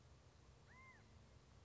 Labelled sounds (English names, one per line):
California Quail